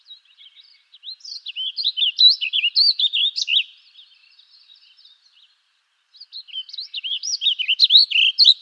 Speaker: The warbling vireo has a mnemonic that goes, "If I see you, then I'll seize you and I'll squeeze you till you squirt."